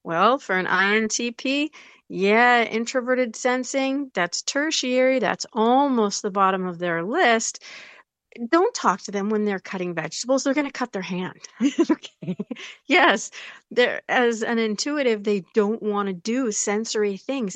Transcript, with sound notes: Well, for an INTP, yeah, introverted sensing, that's tertiary. That's almost the bottom of their list. Don't talk to them when they're cutting vegetables. They're gonna cut their hand. (laughs) Okay. Yes. They're, as an intuitive, they don't wanna do sensory things,